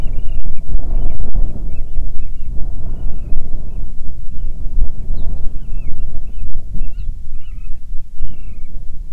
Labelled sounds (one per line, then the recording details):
bird
wind
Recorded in the Arctic National Wildlife Refuge, Alaska, on 9 July 2019 at 22:41
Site 48